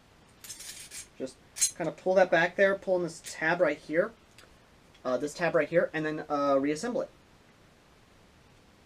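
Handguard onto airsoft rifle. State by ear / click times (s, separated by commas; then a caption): not seated / none. During reassembly of a CYMA airsoft M14 rifle, the handguard (upper furniture) is lined up on the rifle before being pushed down onto its small snaps. Someone talks over a few faint handling sounds, and nothing has snapped or clicked into place yet.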